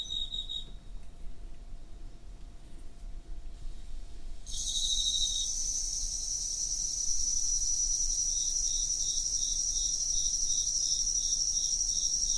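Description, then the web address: Cricket song: brief chirps, then a loud continuous high trill from about four and a half seconds on, with pulsed chirping beneath it. "Hoerbeispiele Grillen"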